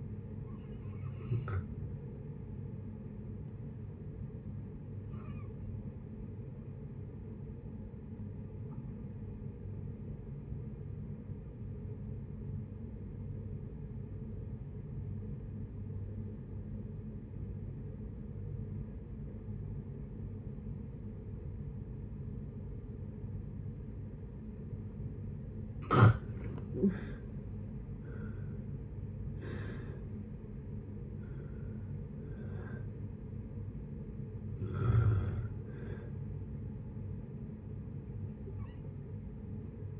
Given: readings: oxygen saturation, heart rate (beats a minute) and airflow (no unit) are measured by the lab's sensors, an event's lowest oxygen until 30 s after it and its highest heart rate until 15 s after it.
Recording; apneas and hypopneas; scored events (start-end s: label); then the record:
breathing in sleep by a smartphone at the bedside; 1
8.00-27.80 s: obstructive apnea (N2, oxygen 97% highest, then 79% lowest, heart rate 60 at the start, 74 highest)
37.00-40.00 s: new sleep stage, N1 (lightest sleep)
From the record:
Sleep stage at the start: N2 (light sleep); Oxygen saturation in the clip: 83 to 97%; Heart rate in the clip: 57 to 77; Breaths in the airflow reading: 7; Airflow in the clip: -7.0 to 12.0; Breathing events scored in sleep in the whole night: 496 in 5.4 hours asleep